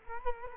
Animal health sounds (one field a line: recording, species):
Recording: mosquito wingbeat signal from an infrared sensor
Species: Culex quinquefasciatus